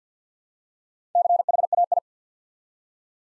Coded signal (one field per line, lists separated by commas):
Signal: Morse code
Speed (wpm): 54 wpm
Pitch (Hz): 700 Hz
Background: none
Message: CHAI